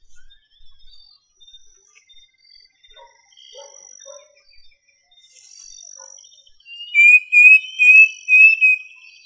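Bird call: faint scattered high tones at first, then a loud burst of four or five quick, pulsing whistled notes near the end.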